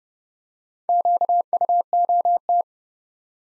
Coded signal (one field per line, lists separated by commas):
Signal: Morse code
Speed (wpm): 30 wpm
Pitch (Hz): 700 Hz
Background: none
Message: QUOT